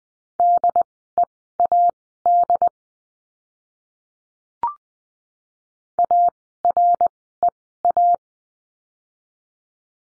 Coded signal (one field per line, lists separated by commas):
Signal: Morse code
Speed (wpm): 20 wpm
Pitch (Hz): 700 Hz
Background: none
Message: DEAD AREA